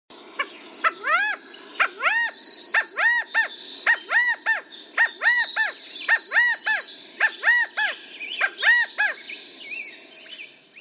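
California quail calls: many overlapping arched, nasal notes, rising then falling, repeated over and over by several birds, with a steady hiss of background noise.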